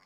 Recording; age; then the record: pig call; piglet (1 to 25 days)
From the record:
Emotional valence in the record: positive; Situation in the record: short reunion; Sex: female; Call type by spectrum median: low-frequency call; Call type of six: low-frequency tonal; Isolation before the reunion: 3 minutes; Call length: 0.06 s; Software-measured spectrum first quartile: 1168 Hz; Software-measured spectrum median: 2106 Hz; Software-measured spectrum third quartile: 4439 Hz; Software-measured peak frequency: 1155 Hz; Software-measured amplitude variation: 47 dB a second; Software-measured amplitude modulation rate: 7.8 a second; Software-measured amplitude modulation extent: 6.0 dB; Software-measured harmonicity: -1.4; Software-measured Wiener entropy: -1.53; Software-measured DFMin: 1084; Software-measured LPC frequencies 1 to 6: 1055, 2093, 3105, 4635, 5245, 6756 Hz